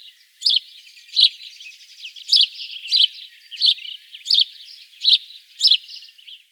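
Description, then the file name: House sparrow chirping: short bright chirps, eight in all, over a soft continuous twittering background. "Passer domesticus"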